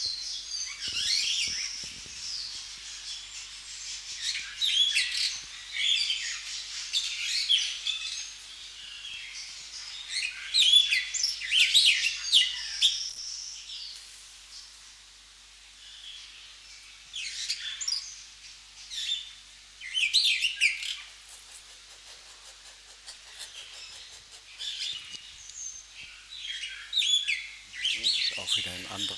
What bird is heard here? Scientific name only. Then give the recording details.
Lamprotornis superbus. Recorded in captivity. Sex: male. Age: adult. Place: Zoo Berlin, Berlin, DE. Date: 1998-12-22 14:30. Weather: overcast, 0°C. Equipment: Sony MD-WM MZ-R3, Sennheiser MKH 416 T, Kopie Uher 4000 Report Monitor. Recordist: Tembrock, Günter. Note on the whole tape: Gesang